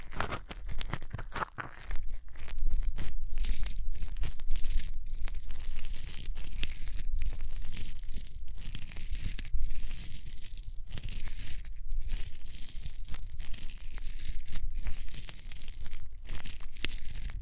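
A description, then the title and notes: Hands rub close against the microphone in a dense, continuous rustle, bright and hissy with a low rumbling undertone. The friction swells and eases in uneven strokes, with brief gaps of near silence around two, seven, ten, twelve and sixteen seconds. ASMR Rubbing Your Ears in My Hands Sensitive, Close Up Triggers (No Talking).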